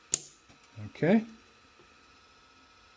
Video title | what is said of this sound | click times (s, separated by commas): Cyelee Wolf 2-G Review: The Ultimate Budget Competition Optic? | until we get a click. Okay. | 0.1 s